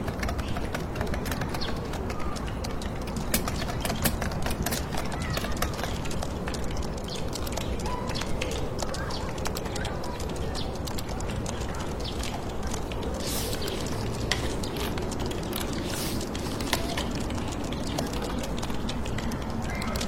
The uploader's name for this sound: computer room, fingertip typing and urban white noise